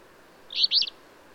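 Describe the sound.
Bird call: one quick pair of high, slurred chirps lasting under half a second, against soft background hiss.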